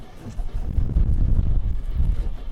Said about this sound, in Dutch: So what a wind, eh? Yeah, I love it. Yeah, I love it too, but...